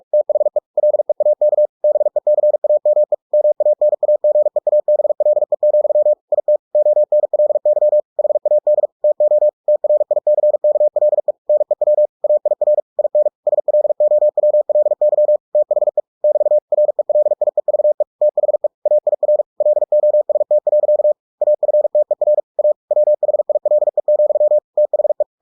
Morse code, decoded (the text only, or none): THE LEAK BECAME MANAGEABLE, IT ONLY HAD TO TRICKLE NEW AIR IN SLOWLY THE <BT> RELIEVE THE AIR LOST. AFTER A WHILE, THE